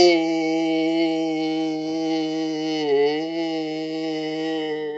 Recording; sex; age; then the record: sustained vowel /i/; male; 60 to 69 years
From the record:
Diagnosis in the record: amyotrophic lateral sclerosis, bulbar onset 28 months earlier, bulbar signs present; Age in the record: 67 years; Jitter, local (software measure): 0.27%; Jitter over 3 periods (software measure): 0.12%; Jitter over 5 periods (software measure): 0.16%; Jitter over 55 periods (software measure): 0.93%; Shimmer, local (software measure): 4.0%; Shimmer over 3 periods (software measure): 2.0%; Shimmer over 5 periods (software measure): 2.3%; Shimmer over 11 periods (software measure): 3.3%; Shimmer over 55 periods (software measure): 9.8%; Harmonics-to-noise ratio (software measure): 6.8 dB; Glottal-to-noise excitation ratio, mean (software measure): 0.90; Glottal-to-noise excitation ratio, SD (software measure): 0.035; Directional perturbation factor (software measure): 59.2%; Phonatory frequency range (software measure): 0.37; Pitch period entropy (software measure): 1.00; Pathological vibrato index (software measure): 0.55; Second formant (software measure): 2526 Hz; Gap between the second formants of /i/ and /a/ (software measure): 833 Hz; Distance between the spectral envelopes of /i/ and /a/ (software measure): 4.8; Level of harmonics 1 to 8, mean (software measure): -31.8, -13.1, -18.3, -23.9, -25.4, -48.5, -50.1, -59.8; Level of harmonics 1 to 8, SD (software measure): 2.0, 4.3, 4.4, 4.8, 4.2, 9.5, 5.7, 7.7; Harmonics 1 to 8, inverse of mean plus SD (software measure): 0.030, 0.057, 0.044, 0.035, 0.034, 0.017, 0.018, 0.015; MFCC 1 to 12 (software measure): -5.3, 5.3, -19.3, -25.5, 3.1, -7.2, -11.4, -5.4, 2.6, -3.6, 10.7, -5.5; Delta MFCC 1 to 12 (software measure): 0.002, -0.014, 0.014, 0.016, -0.022, 0.017, -0.024, -0.005, 0.052, -0.038, -0.027, -0.021